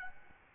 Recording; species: mosquito wingbeat signal from an infrared sensor; Aedes albopictus